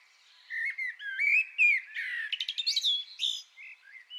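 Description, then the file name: Common blackbird song phrase: smooth, rising and falling fluted notes followed by a rapid, chattering high twitter and a few soft closing notes. "Turdus merula"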